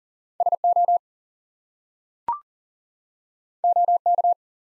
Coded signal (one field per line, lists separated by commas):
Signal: Morse code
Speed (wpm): 41 wpm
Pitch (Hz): 700 Hz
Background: none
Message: SO OK